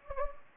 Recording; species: mosquito wingbeat signal from an infrared sensor; Anopheles gambiae